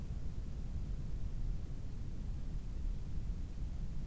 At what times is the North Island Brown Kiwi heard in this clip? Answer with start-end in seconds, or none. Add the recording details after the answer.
none. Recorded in New Zealand on 18 October 2015. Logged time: 23:14. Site BR12